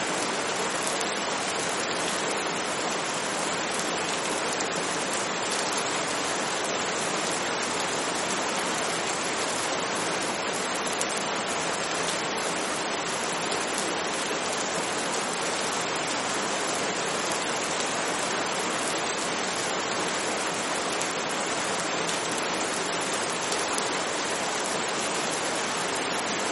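Heavy, torrential rain pours in a dense, unbroken hiss, bright and steady throughout, with no distinct drops or other sounds standing out.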